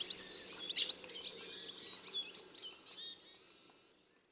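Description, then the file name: European goldfinch calls, a jumble of bright twittering and tinkling notes high in pitch, lasting about four seconds with a faint low hum beneath. "Carduelis carduelis"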